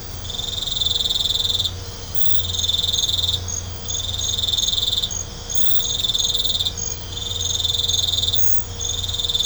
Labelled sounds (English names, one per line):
none